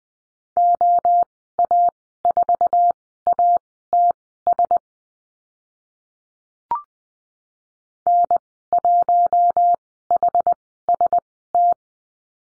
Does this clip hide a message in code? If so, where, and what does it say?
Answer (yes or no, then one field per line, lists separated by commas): yes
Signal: Morse code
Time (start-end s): 0.6-11.7 s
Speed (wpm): 20 wpm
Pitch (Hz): 700 Hz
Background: none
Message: OA4ATS N1HST